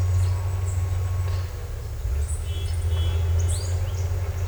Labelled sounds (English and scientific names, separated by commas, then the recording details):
none
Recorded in secondary vegetation near Puerto Asís, Putumayo, Colombia, on 20 December 2024 at 11:00
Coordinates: 0.468, -76.324
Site G095